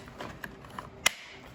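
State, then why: Seated. After a strip of brad nails is loaded into the slot, the magazine pusher/cover of a pneumatic brad nailer is slid closed. A soft rattle and a couple of light ticks are followed by a sharp snap at 1.1 s. The magazine latches shut and seats into place.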